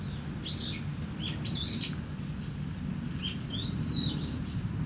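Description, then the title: Starling giving twisting whistled and chattering notes, ending on a long level whistle, against a steady high insect tone and deep traffic rumble. Singing in a tree in Kiyosumi garden, Tokyo, Japan, with crickets and cars; binaural recording with DPA 4060 microphones and a Deity PR-2. "Kiyosumi garden, Tokyo, Japon - Starling in a tree"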